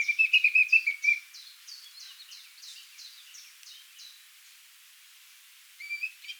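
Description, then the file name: Eurasian blackcap with a loud run of chattering notes at the start, then a long fading series of short, high descending notes, and a brief twitter near the end. "Sylvia atricapilla"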